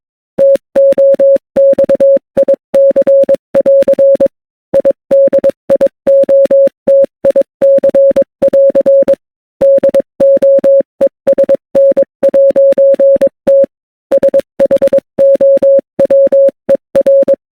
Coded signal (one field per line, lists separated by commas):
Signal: Morse code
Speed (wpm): 22 wpm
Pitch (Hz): 550 Hz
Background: none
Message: TOXIC<AR> IDIOTIC<AR> DOESN'T SHOWER